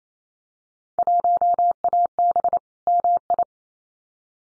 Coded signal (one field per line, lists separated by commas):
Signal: Morse code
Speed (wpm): 28 wpm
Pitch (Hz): 700 Hz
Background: none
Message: 1AB MI